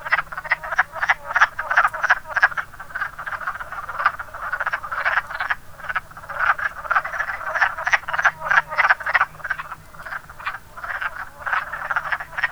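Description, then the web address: Long stretch of wood frog chorus: rapid, harsh clucking croaks repeated about three per second in overlapping waves, a low hum behind. "zoology woodfrog"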